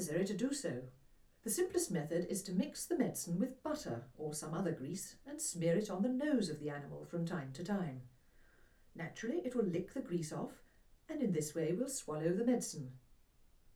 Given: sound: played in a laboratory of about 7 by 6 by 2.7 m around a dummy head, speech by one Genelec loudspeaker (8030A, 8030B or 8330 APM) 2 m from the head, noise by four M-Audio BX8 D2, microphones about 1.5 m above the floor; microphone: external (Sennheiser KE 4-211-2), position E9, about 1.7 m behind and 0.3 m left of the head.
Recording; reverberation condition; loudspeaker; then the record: female speech in English; low; 60 degrees to the left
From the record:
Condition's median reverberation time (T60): about 310 ms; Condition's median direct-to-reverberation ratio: about 3.5 dB